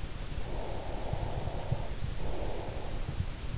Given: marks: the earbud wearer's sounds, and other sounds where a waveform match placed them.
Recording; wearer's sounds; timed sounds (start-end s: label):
sounds in sleep by an in-ear microphone; breath
0.44-3.14 s: breath